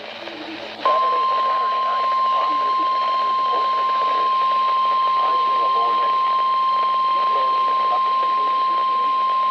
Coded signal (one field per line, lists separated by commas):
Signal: Emergency Alert System (SAME) tones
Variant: 1050 Hz attention tone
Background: speech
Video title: SVR at 1AM and CLE MESSED UP ON RWT!! Alerts on KIG86, WWG57, KJY68 (EAS 37-43)